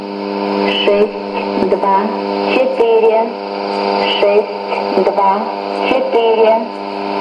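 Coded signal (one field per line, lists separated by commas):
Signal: numbers station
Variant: S06s, Russian female voice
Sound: female voice reading short, evenly spaced words over a humming shortwave channel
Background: radio static and hum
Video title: 10 02 2017 Numbers station S06s Russian Lady in Russian to Eu 0900 on 5765 unknown tx site in CUSB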